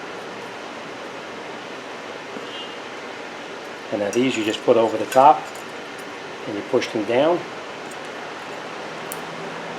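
A metal brake pad hardware (abutment) clip is placed over the top of the caliper mounting bracket and pushed down during a front brake job on a 2007-2014 Chevy Silverado. Someone talks from about 4.0 to 7.4 seconds over a steady broadband hiss, with a brief faint tick at 9.1 seconds. The clip ends before it snaps in, so nothing has seated or clicked yet.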